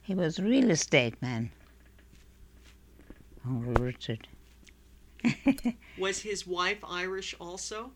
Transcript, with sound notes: He was a real estate man, Uncle Richard. ( she laughs )
Was his wife Irish, also?